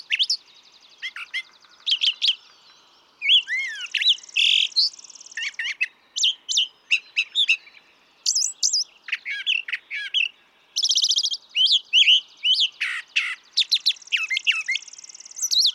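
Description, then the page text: Brown thrasher delivering a long, varied song with many different phrases, including buzzy trills, sharp whistles and harsh notes, mostly in paired or grouped units with brief breaks. Same male brown thrasher heard across recordings totalling about three and a quarter hours; his repertoire is estimated at about 1300 songs. "Birdsong for the Curious Naturalist. Brown thrasher"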